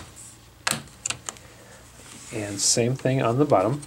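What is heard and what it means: On a Dell Chromebook 11 2nd Generation, the plastic screen bezel clips in the laptop display lid snap free as the bezel is lifted up and out with fingertips or fingernails around the screen, giving sharp clicks at 0.7, 1.1, 1.1 and 1.3 seconds. Someone then talks as the bezel is released.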